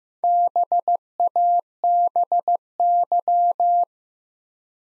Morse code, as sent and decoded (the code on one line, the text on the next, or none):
-... .- -... -.--
BABY